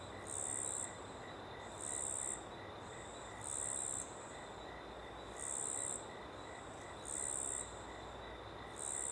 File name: Ambiente em Pequena Mata Aberta e Rio ao Fundo com Grilo bem Presente na Esquerda